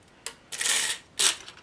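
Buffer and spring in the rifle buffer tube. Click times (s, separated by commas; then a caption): 0.3 s. A metal buffer and spring are slid into the buffer tube of an M4 carbine/AR-15 lower receiver during reassembly, clicking into place at 0.3 s. A longer bright metallic sliding rasp follows from about 0.5 to 1.0 s, then another short scraping burst near 1.2 s. The buffer is seated and checked to make sure it stays there.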